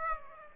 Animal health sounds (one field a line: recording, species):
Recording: mosquito wingbeat signal from an infrared sensor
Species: Aedes aegypti